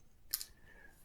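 While rebuilding a Dell trackball keyboard, a plastic roller and spring part is pushed into the trackball housing. A sharp, bright click sounds at 0.3 s, followed by a fainter tick at 0.4 s, over a quiet background. The roller assembly is seated fully home.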